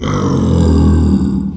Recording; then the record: squeal of a Yucatan mini pig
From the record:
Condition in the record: after surgery on the right vocal fold (resection and tissue-engineered implant); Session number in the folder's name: 16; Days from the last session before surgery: 183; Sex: female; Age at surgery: 19 weeks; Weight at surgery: 25 kg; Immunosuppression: prednisolone